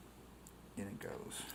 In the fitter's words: And back it out till it clicks, and then in